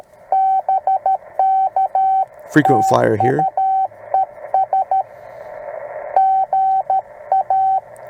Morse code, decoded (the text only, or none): BK TU ES GA